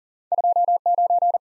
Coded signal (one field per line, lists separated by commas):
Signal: Morse code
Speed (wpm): 39 wpm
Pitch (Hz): 700 Hz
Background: none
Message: 29